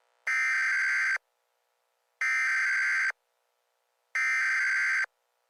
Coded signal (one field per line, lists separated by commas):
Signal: Emergency Alert System (SAME) tones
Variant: header bursts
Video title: Early Christmas Special) EAS Short Scenario 56 - The Grinch (Remastered)